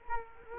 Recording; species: mosquito wingbeat signal from an infrared sensor; Culex quinquefasciatus